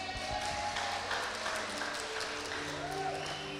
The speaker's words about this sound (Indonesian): Oke, tepuk tangan.